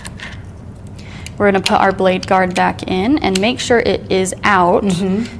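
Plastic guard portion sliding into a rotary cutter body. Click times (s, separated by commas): 0.1 s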